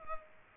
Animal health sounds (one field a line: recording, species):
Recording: mosquito wingbeat signal from an infrared sensor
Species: Culex pipiens